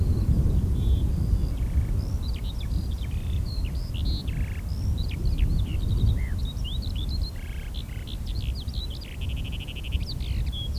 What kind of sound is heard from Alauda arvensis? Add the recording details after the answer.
song. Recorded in the wild. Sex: male. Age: adult. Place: Lüdersdorf, Barnim, Brandenburg, DE. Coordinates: 52.9169, 14.0703. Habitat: field. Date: 2006-04-15. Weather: overcast, 3°C, light to moderate westerly winds. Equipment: Marantz PMD 671, Sennheiser MKH 70, Popschutz. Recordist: Frommolt, Karl-Heinz. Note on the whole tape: Gesang von zwei Feldlerchen